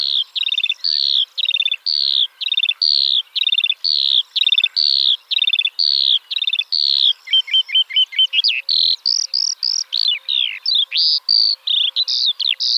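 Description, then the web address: Eurasian skylark's high song with buzzy notes repeated in a steady series, then quick trills and varied chirps, continuing without break. "alauda arvensis call"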